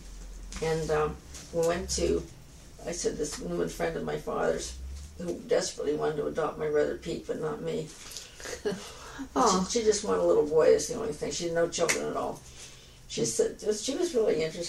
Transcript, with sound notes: And we went to—I said this—woman friend of my father's, who desperately wanted to adopt my brother Pete but not me.
(laughs) Aw.
She just wanted a little boy, that's the only thing—she had no children at all. She s - she was really interesting—